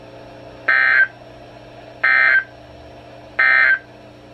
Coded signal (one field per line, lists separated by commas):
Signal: Emergency Alert System (SAME) tones